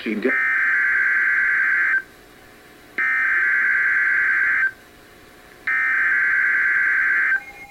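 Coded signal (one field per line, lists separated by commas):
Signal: Emergency Alert System (SAME) tones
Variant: header bursts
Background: speech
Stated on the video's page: Severe thunderstorm alerts monitored from KEC80; audio recorder distorted, with abrupt volume changes, and one alert recorded from across the room.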